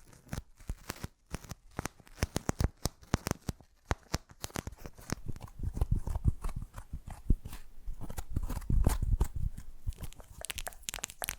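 ASMR triggers in quick, unpredictable succession: sharp taps, crinkles and tearing-like scrapes arrive in dense, irregular bursts. The first few seconds are sparser with brief gaps, then from about five seconds the sounds thicken into a busier, continuous rustling with deeper thuds underneath.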